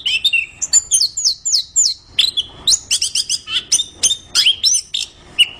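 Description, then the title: Orange-headed thrush song made of bright, high chirps and slurred whistles in quick bursts, with rich varied notes packed closely together. Described as singing vigorously ('gacor'). "Anis Kembang Gacor"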